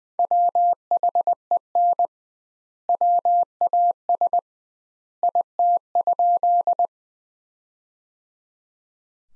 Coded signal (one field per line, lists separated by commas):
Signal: Morse code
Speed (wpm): 20 wpm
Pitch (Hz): 700 Hz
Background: none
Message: WHEN WAS IT?